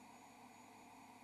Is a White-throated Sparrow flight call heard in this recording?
no